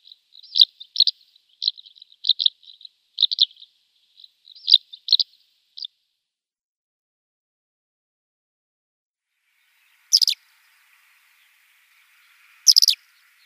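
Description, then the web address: Short-toed lark calls, a run of dry, rippling chirps repeated for about six seconds, then silence broken by two sharp, brief high bursts. "Schulze Peter Short-toed Lark"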